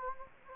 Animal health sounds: mosquito wingbeat signal from an infrared sensor; Anopheles gambiae

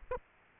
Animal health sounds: mosquito wingbeat signal from an infrared sensor; Aedes aegypti

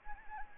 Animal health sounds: mosquito wingbeat signal from an infrared sensor; Anopheles arabiensis

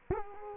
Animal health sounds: mosquito wingbeat signal from an infrared sensor; Culex quinquefasciatus

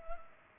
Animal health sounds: mosquito wingbeat signal from an infrared sensor; Culex pipiens

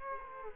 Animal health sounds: mosquito wingbeat signal from an infrared sensor; Culex quinquefasciatus

